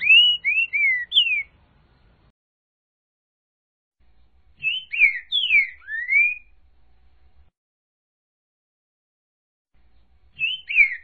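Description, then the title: Green-winged saltator singing short bursts of four or five quick whistled slurs, separated by several seconds of silence; a third burst begins at the end. Trinca-ferro song type 'voz 06', one of 14 song types compiled in a single video. "Canto De Trinca Ferro Voz 06"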